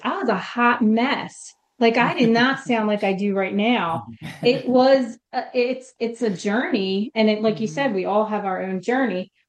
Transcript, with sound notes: I was a hot mess. Like, I-
(laughs)
... did not sound like I do right now.
(laughs)
It was, uh, it's, it's a journey, and it, like you said-
Mm-hmm.
... we all have our own journey.